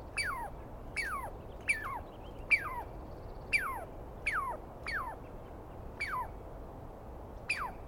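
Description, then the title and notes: Douglas squirrel alarm calls: nine abrupt, high notes each falling quickly in pitch, given about once a second at a slightly uneven pace against a quiet background. Douglas pine squirrel, East Cascades, dawn on 21 April 2017, screaming persistently at the recordist; identified by sound, not clearly seen. "On the morning of 21 April, 2017, I set up my microphones and recorder for a nice dawn recording in the East Cascades. I was started awake by a screaming Douglas Pine Squirrel."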